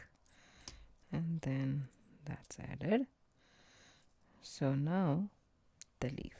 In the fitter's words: until you hear the click